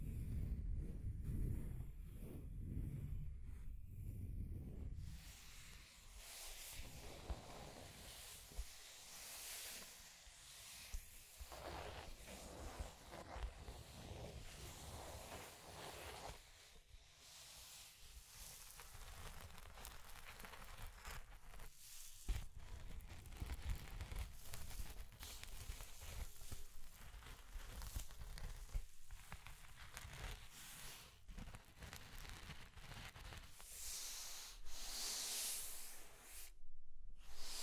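Scratching and tracing sounds: a dense, continuous rasp of something rubbed across a surface, bright and hissy like sanding. The first five seconds are heavier with a low rumble, then the scraping thins and runs on with uneven strokes and brief pauses, a sharp break near 22 seconds.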